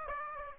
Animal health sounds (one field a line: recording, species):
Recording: mosquito wingbeat signal from an infrared sensor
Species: Aedes aegypti